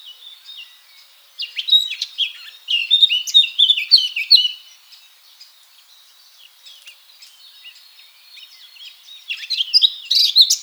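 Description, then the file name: Eurasian blackcap giving a long, jumbled warble of quick chirps and squeaky notes, quieter twittering in the middle, and a louder burst at the close. "Sylvia atricapilla"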